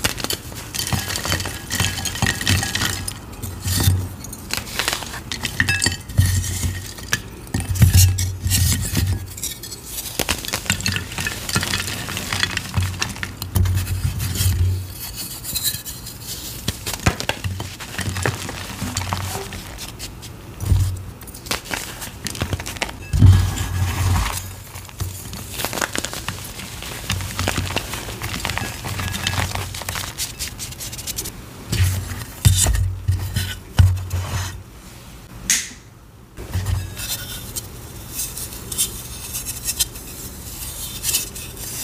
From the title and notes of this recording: Fluffy Soft Fuchsia Dyed Gym Chalk Block. Fluffy soft dyed gym chalk crushing ASMR sounds.